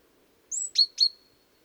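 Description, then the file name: Great tit giving a single call: thin high note, then two sharp down-slurred notes trailing into a soft tail, over faint low rumble. "Parus major"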